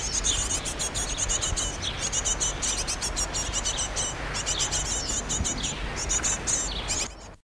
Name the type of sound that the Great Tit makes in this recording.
call